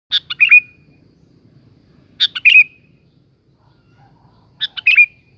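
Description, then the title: Sooty-headed bulbul song, three rapid chattering phrases each ending in a short steady whistle, spaced roughly two seconds apart. "Kutilang"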